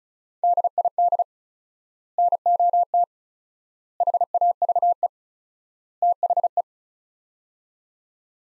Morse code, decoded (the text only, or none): DID NOT HAVE THE